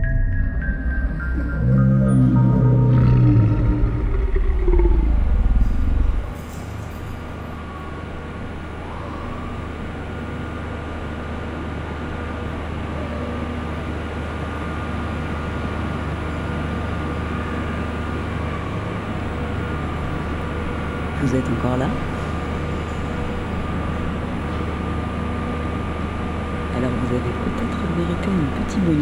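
City ambience on a London rooftop. A loud, deep vehicle rumble with shifting engine tones fills the first six seconds, then drops away to a steady low hum and constant traffic wash, broken by a brief clatter around twenty-one seconds.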